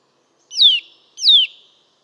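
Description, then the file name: Eurasian nuthatch calls: two loud, descending whistled notes, each sliding down sharply, about two-thirds of a second apart. "Sitta europaea"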